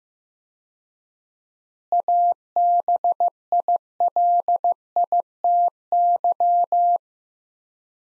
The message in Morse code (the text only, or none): ABILITY